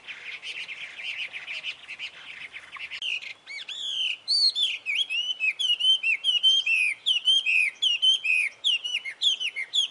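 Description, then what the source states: Hwamei song: soft chattering notes give way to loud, varied, richly slurred whistles in a fast, continuous flowing stream. Taiwan.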